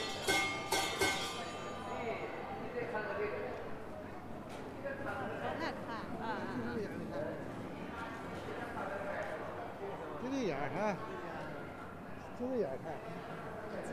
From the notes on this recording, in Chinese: 沈阳，中街